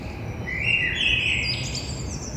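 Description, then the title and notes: Common blackbird singing one fluting phrase followed by a squeaky high twitter, with constant low rumble behind. Early-morning blackbird, Thursday 9 April at 6:30, street side between two windows, Grand Rond, Toulouse. "Un merle noir toulousain. Toulouse - Grand Rond Contributeur : Stéphane Marin"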